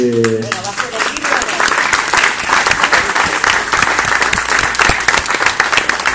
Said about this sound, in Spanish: Muchísimas gracias por los aplausos.